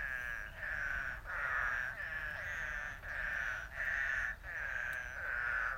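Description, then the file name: Eastern spadefoot chorus, drawn-out moaning calls repeated in quick succession, overlapping into a steady wavering drone. Recorded on 19 May 2018. "eastern spadefoot 20180519"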